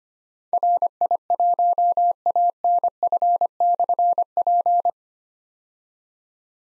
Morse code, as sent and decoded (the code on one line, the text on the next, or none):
.-. .. .---- .- -. ..-. -..-. .--.
RI1ANF/P